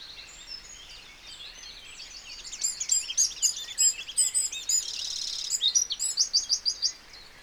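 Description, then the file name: Eurasian wren song, an energetic cascade of very high, sharp notes with a short buzzy trill and a closing run of repeated chips. "Troglodytes troglodytes"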